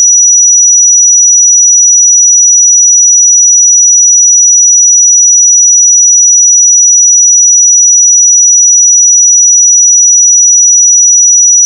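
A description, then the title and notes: A pure sine tone at 5860 Hz holds perfectly steady for the full twelve seconds, thin and piercingly high. Its loudness never wavers, with no pulses, breaks or other sounds around it, only the single unchanging whistle. 5860 Hz 1 Hz Interval Sine Pure Tone Frequency 441000 Sample Mono.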